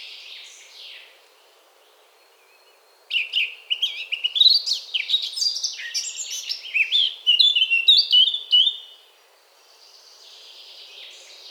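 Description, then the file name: Eurasian blackcap song, quiet at first, then a long burst of fast, varied warbling and chirps, dropping back to near silence. "Sylvia atricapilla"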